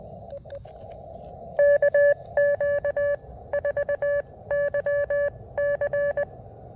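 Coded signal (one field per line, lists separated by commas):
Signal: Morse code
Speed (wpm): 20 wpm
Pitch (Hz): 1700 Hz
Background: none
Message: KQ4YC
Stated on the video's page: Park activation on an Elecraft KX2.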